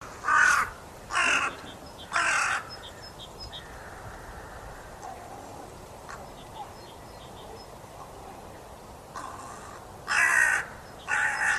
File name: Corvus corone